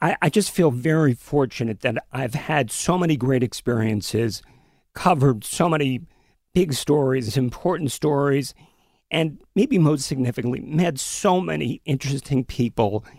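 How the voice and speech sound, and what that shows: Adult male speaker with spasmodic dysphonia, a very rare vocal disorder in which the vocal cords don't come together properly. Connected speech broken by pauses. He runs out of air quickly, and his voice has changed over the years. Read aloud, it can sound like a tin can filled with nuts and bolts. The condition is not painful or life-threatening.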